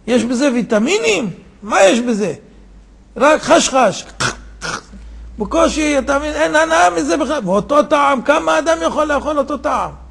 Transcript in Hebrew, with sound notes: יש בזה ויטמנים? מה יש בזה? רק כשכש (רעש באכילה) בקושי, אין הנאה מזה בכלל ואותו טעם, וכמה אדם יכול לאכול אותו טעם?